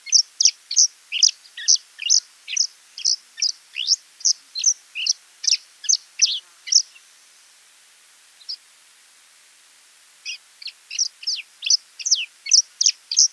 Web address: Scaly feathered weaver. دانلود-صدای-پرنده-جولای-پر-پولکی